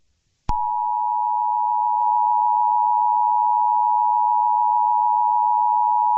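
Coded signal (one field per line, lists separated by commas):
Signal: Emergency Alert System (SAME) tones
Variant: 853 and 960 Hz attention tone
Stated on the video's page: Fictional EAS scenario themed on My Little Pony.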